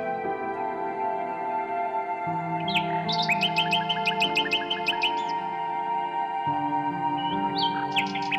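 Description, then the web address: Common nightingale song: a rising whistle leading into a rapid series of repeated sharp notes, followed by a brief late phrase, over steady low drone tones. "Circlesandlines recordings. h wialenove - nightingale song"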